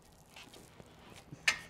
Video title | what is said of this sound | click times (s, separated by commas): VelociRax Bike Rack Review | that pin will lock into place this is what it looks like with the bikes on and ready to drive | 1.5 s